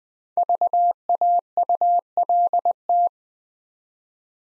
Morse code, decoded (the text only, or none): VAULT